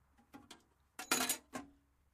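Standard metal wrenches, including 19 and 12 sizes, are tossed in one after another, giving a series of bright, ringing clinks and clatters, a couple of light taps first, then a louder jangling burst and a final clink.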